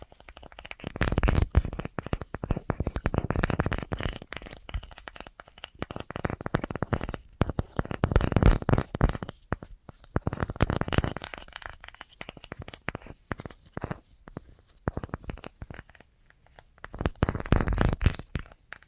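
Dense, rapid tapping fills the clip in uneven bursts, with louder clusters around 1–3, 7–9 and 17–18 seconds and quieter gaps between. The taps are crisp and textured, with a scratchy, papery quality at times, like tearing or shuffling cards.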